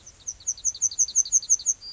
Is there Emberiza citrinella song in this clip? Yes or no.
yes